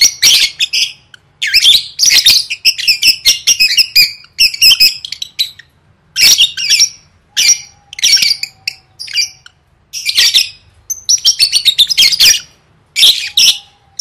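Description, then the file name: Lovebird chatter of shrill, buzzy chirps in dense clusters, broken by brief gaps, plus a thin steady whistle-like tone heard twice in the background. "tieng vet mau don"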